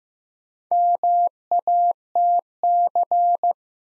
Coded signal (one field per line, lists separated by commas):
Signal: Morse code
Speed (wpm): 15 wpm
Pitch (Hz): 700 Hz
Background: none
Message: MATC